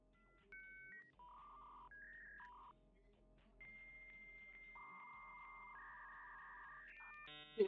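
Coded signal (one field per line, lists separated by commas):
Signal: dial-up modem handshake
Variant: V.90 56k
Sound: dialing tones, steady answer tone, two-pitch warbling, then a sudden harsh multi-tone burst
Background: faint background hum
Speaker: it was used all the way up until 1998 where the legendary V90 standard came out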